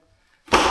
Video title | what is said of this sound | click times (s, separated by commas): Undertail Kit Pt.3- Install Indian Chief Darkhorse. | apply pressure on the back, locks into place, | 0.5 s